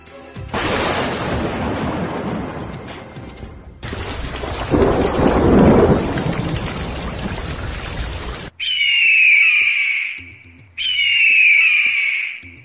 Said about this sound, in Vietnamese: Sét đánh ầm ầm trên trời.